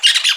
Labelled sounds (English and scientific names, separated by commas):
Brown-throated Parakeet (Eupsittula pertinax) contact call